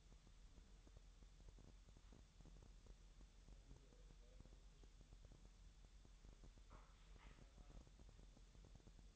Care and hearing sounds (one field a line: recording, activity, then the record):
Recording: daily activity, microphone in the room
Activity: wipe stove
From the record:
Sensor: 3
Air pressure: 1000.9 hPa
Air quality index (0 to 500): 248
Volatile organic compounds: 176 ppm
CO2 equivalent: 4129 ppm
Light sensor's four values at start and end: 12/28/11/11 and 12/28/11/11